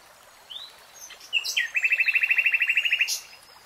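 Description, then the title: Nightingale song: a soft rising whistle, a few sharp notes, then a long fast trill of evenly repeated notes lasting over a second. From a three-hour real-time recording. "[Tiếng chim hót] Nightingale Singing"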